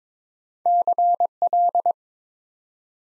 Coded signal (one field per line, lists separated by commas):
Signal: Morse code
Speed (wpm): 22 wpm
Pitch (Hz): 700 Hz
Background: none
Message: CL